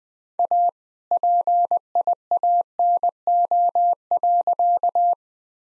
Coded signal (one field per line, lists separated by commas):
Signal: Morse code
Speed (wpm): 20 wpm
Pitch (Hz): 700 Hz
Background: none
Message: A PIANO.